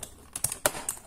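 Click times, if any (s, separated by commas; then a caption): 0.7 s. A plastic wrist rest is laid flat against the front edge of a Gametech Black Rider blue-switch mechanical gaming keyboard and pushed slowly forward until its plastic tabs snap into the keyboard's edge. A few light plastic taps and knocks lead up to a sharp click at 0.7 s as the wrist rest seats in place, followed by a softer tap.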